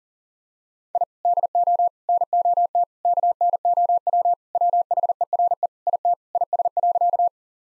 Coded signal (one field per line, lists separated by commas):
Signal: Morse code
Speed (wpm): 40 wpm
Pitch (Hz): 700 Hz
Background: none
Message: I DO NOT KNOW WHERE IT IS.